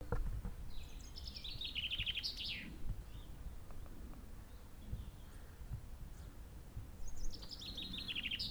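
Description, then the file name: Common chaffinch singing twice, each phrase a fast, cascading series of notes ending in a flourish, with steady low rumble underneath. "Fringilla coelebs"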